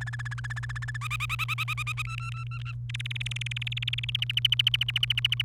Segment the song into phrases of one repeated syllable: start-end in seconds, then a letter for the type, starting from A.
0.01-0.97 A, 1.01-2.02 B, 2.05-2.72 C, 2.89-4.24 D, 4.29-5.42 E